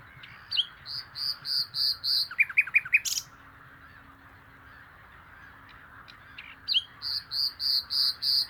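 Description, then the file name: Common nightingale song: a run of loud repeated notes, then a quick series of sharp chirps, a pause, and another run of repeated notes. "Luscinia megarhynchos"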